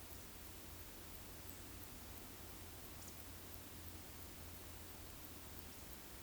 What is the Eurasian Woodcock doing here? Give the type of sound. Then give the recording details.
whistle. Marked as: whistle, whistle, whistle. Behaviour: display flight. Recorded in Baden-Württemberg, Germany, on 13 June 2021 at 20:01 UTC. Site 23718, 552 m above sea level